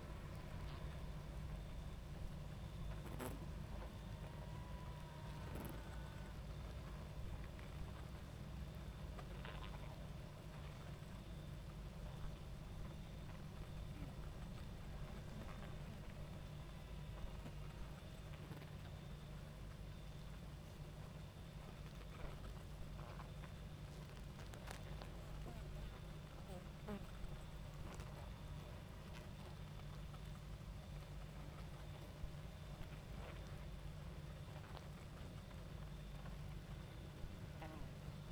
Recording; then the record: honeybee colony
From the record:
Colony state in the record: active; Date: 28 July 2017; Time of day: 22:43